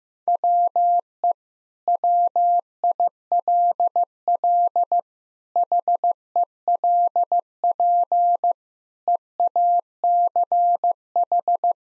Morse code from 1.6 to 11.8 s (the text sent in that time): WILL HELP EACH